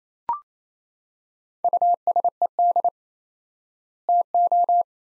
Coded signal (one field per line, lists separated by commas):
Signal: Morse code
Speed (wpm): 28 wpm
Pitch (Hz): 700 Hz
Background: none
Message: USED TO